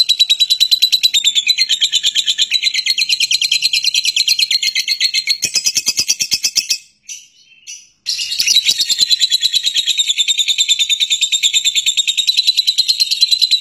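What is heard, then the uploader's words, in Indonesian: A lovebird chatters in a long, unbroken run of shrill, rapid chirps, dense and high-pitched. The burst stops abruptly around seven seconds, leaving a brief near-silence with faint clicks, then resumes at eight seconds just as fast and loud. Suara Burung Lovebird Gacor Ngekek Panjang.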